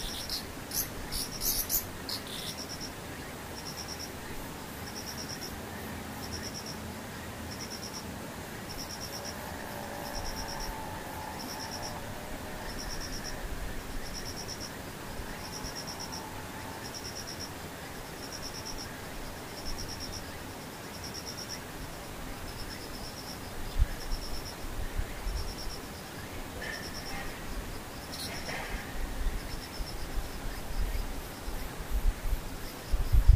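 Insects call in the night, one voice giving short, high chirps at a steady rhythm, about one per second, for the whole clip. A soft hiss and low rumble sit underneath, with a few clicks and knocks near the start and in the last ten seconds.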